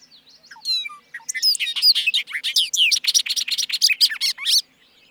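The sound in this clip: Bobolink song: a long, rollicking cascade of bright metallic notes and squeaks, bubbling continuously for over three seconds.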